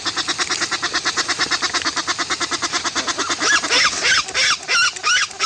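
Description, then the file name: Westland petrel giving a fast run of rhythmic, nasal cackling notes, breaking into louder wailing squeals near the end. "westland black petrel song"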